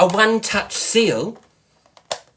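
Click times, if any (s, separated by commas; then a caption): 2.1 s. A one-touch seal lid on a plastic food storage container is pressed closed after someone talks. A small tick comes at 2.0 seconds, then the seal clicks into place with a sharp click at 2.1 seconds.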